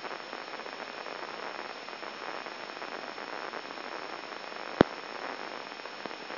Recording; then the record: brain microelectrode recording played as sound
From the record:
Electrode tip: inside the subthalamic nucleus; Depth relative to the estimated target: -1 mm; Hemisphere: left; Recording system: AlphaMap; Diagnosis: Parkinson's disease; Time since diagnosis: 14 years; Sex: male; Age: 66 years